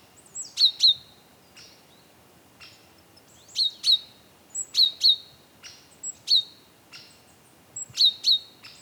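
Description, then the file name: Great tit calls: sharp high paired notes with a short tail, given in several pairs at irregular intervals, with faint softer notes between. "Parus major"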